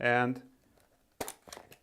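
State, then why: Seated. Someone talks briefly, then the folded Polaroid SX-70 vintage instant SLR camera is held and its top section is pushed upward until the body erects and the strut locks in place. A sharp click at 1.2 s marks the folding body locking open, followed by a few quieter mechanical clicks and rattles up to about 1.7 s.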